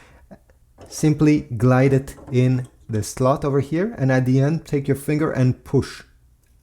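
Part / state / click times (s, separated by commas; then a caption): ink cartridge into printer carriage slot / not seated / none. A black ink cartridge for an HP OfficeJet Pro printer is being guided into its slot in the carriage while someone talks. Only faint handling noises are heard around the speech, and nothing has seated or clicked yet.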